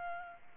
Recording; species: mosquito wingbeat signal from an infrared sensor; Aedes albopictus